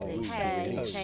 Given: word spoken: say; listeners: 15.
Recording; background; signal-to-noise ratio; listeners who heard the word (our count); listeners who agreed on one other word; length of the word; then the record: one English word in noise, from a listening test; four-talker babble; -1.7 dB; 0 of 15; 7 of 15; 0.64 s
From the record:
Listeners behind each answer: 7, 2, 2, 1, 1, 1, 1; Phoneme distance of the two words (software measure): 10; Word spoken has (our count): 1 syllable, 2 phonemes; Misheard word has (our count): 1 syllable, 2 phonemes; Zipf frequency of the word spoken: 6.13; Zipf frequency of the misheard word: 5.40